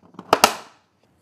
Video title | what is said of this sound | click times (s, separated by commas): STARLINK Installation: Gen 2 to Gen 3 upgrade | push that in there firmly until you hear it click | 0.3 s, 0.4 s